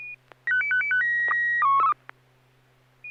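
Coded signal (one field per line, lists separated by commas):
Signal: SSTV (slow-scan television)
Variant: PD 120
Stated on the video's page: SSTV net on an FM repeater at 441.300 MHz, Sacramento, using MMSSTV.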